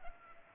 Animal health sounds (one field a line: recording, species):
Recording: mosquito wingbeat signal from an infrared sensor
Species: Culex pipiens